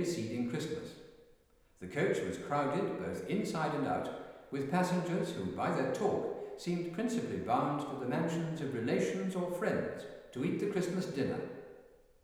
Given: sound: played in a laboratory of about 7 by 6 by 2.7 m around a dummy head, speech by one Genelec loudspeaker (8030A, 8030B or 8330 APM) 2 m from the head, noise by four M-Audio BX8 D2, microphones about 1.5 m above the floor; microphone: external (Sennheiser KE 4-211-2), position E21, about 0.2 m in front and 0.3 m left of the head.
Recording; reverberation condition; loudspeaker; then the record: male speech in English; high; 30 degrees to the left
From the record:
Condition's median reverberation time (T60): about 1300 ms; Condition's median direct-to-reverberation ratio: about -4.0 dB